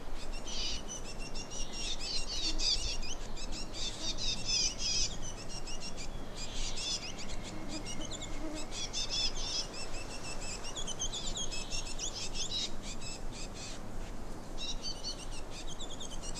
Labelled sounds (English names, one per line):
Willow Warbler